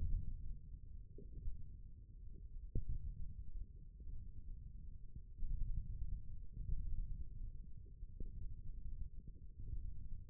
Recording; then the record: forearm muscle sounds (acoustic myography)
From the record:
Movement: thumb flexion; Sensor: system 1, eight BSWA MPA416 microphones around the upper forearm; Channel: 1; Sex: male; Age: 20 years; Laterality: left